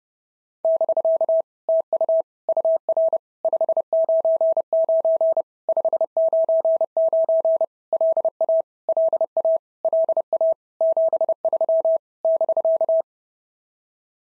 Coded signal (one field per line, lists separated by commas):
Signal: Morse code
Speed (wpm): 30 wpm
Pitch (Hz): 650 Hz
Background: none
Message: <BK> TU UR 599 599 LA LA LA 73 <BK>